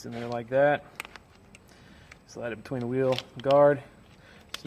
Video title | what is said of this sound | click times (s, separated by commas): Rugged Cycles: Rear Wheel Replacement on Transporter 2.0 | Snaps into place. | 4.5 s